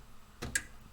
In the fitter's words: tac jusqu'à entendre le petit clic qui indique qu'il va bien